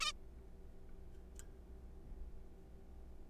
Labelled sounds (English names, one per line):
Zebra Finch